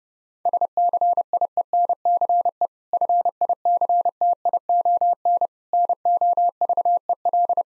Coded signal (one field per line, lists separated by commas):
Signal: Morse code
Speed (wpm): 32 wpm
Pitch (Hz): 700 Hz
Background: none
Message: SCIENCE FICTION NOVEL